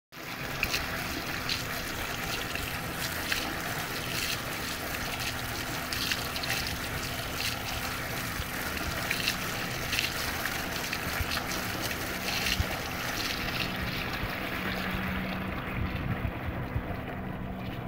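Water pours steadily from a rustic spout, a dense, constant splashing rush with a low hum underneath and little change throughout.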